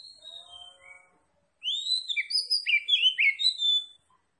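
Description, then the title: Oriental magpie-robin song, soft drawn-out whistles at first, then a loud run of varied rising and falling slurred whistles. Singing in full, energetic form (gacor); Tretes type. "Kacer Tretes"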